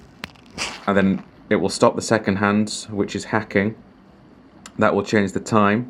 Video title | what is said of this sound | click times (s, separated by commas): IWC Portugieser 5001 Review with Blue Arabic Numeral | so all you've got to do is just pull it out um two clicks | 0.2 s, 0.4 s